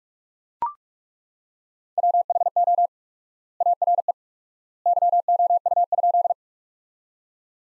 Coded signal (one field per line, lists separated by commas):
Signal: Morse code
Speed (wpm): 42 wpm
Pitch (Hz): 700 Hz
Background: none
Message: WHO ARE YOU?